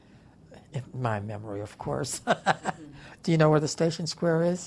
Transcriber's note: laughs